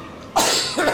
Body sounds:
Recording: coughing mixed with background sound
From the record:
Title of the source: Spring Allergy Coughing

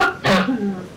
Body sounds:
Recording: coughing mixed with background sound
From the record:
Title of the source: Barking cough - # 10

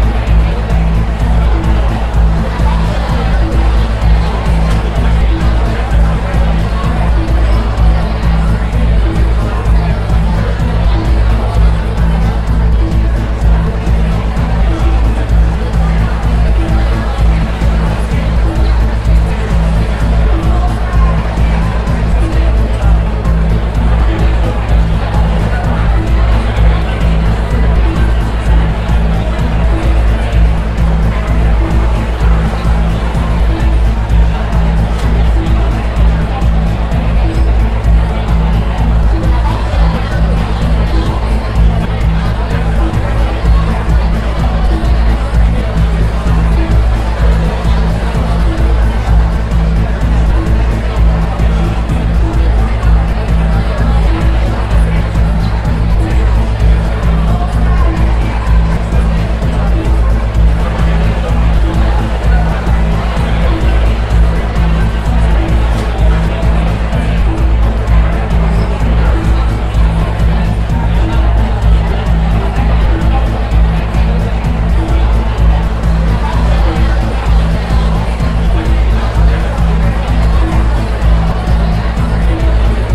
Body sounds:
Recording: background sound without coughing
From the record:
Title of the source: Party Noise 1 Hour Party Ambience

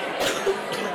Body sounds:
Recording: coughing mixed with background sound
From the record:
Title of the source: 34 coughing up crap again

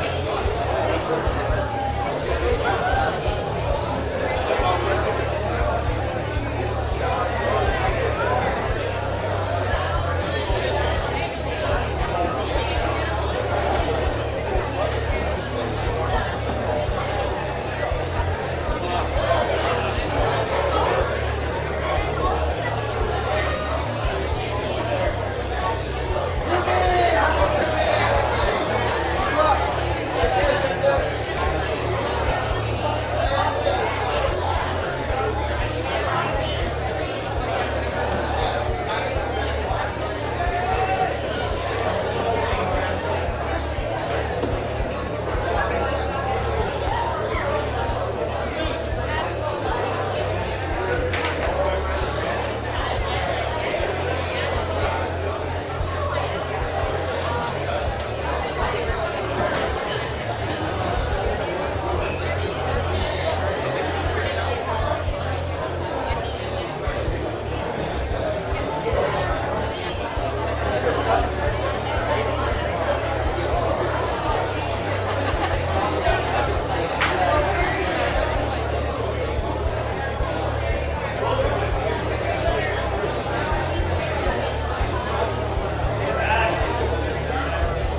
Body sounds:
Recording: background sound without coughing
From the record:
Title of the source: CITY SOUNDS Busy Bar in the Evening Night - 2 HOURS of Ambiance for Relaxation

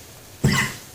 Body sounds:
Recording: coughing mixed with background sound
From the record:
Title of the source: Mid-morning Winter Coughing Fit

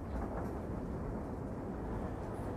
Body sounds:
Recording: background sound without coughing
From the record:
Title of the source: Train Ride Ambience ambient white noise for sleeping, focus, studying, reading

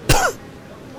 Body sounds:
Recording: coughing mixed with background sound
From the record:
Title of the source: Coughing 51

